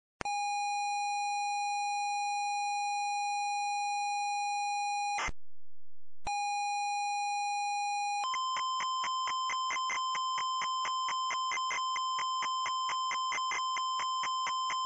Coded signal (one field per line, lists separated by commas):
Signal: ZX Spectrum tape loading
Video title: Venom - Loading screen (ZX Spectrum)